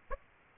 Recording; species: mosquito wingbeat signal from an infrared sensor; Aedes aegypti